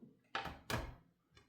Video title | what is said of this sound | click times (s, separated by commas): Building My DREAM Gaming PC for the FIRST TIME (Beginner Guide) 4K | And then it goes up and it pops right in. Just like that. | 0.3 s, 0.7 s